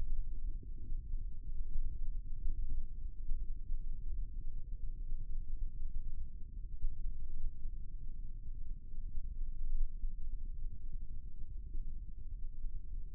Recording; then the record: forearm muscle sounds (acoustic myography)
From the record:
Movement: rest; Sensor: system 1, eight BSWA MPA416 microphones around the upper forearm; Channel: 6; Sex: male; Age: 20 years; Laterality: left